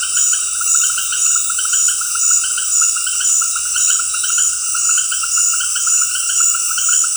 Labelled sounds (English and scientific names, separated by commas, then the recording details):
none
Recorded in dense forest near Puerto Asís, Putumayo, Colombia, on 20 February 2024 at 19:30
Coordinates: 0.484, -76.317
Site G6464